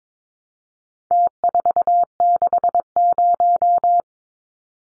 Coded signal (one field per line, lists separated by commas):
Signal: Morse code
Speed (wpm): 22 wpm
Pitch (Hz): 700 Hz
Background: none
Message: T460